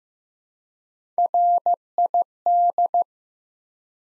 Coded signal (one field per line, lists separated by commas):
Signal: Morse code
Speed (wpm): 15 wpm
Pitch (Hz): 700 Hz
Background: none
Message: RID